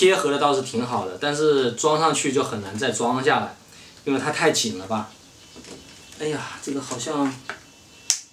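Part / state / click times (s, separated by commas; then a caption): protective shell snapping onto a laptop lid / seated / 8.1 s. A hard plastic UAG protective shell is pressed onto a MacBook Pro laptop lid while someone talks for most of the clip. A single crisp, sharp click at 8.1 s signals that the shell has snapped into place and is seated.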